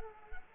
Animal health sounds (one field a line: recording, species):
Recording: mosquito wingbeat signal from an infrared sensor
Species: Culex quinquefasciatus